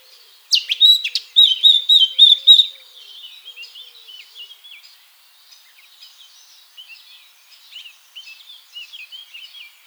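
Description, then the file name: Eurasian blackcap song: a burst of loud, clear warbled notes with sharp clicks, then a long, quiet, rambling twitter of scratchy high notes. "Sylvia atricapilla"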